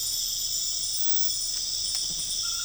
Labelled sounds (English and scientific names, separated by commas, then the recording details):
none
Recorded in dense forest near Puerto Asís, Putumayo, Colombia, on 9 March 2025 at 01:00
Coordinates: 0.484, -76.325
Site G045